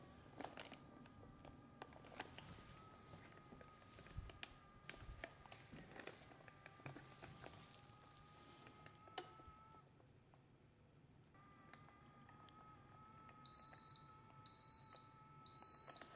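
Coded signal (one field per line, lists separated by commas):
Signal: beep code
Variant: vacuum sealer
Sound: machine clicks and a steady hum, then three loud high beeps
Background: appliance motor hum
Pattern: 3 beeps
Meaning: Sealing is done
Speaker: And the 3 beeps indicate that it's done.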